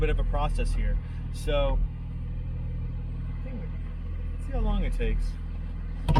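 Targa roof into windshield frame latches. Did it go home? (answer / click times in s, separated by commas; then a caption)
yes / 6.1 s. A 2022 Porsche 911 Targa 4S's automatic Targa roof finishes closing, and its latches lock to the windshield frame with a single sharp clunk at 6.1 s. Under a steady vehicle rumble, someone talks. The roof is seated, with everything locked into place.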